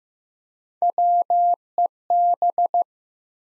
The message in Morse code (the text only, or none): WEB